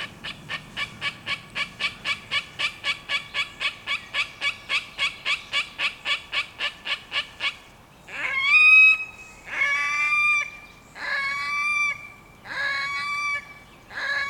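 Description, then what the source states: Red-necked grebe giving a long, steady series of rapid nasal notes, then switching to loud, drawn-out braying wails repeated roughly every one and a half seconds. At Wellesweiher near Kosbach, 25 June 2013.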